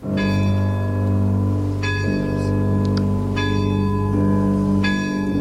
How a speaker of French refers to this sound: C'est la grande horloge du château qui sonne les 12 coups de minuit.